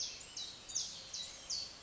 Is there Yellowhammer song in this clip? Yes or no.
no